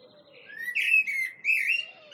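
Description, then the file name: Common blackbird with a short, mellow fluted phrase of a few rising and falling whistled notes. "Turdus merula"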